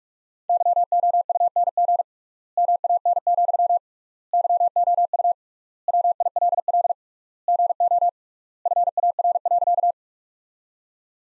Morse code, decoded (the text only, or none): YOUNG MAN, YOU WILL GO FAR.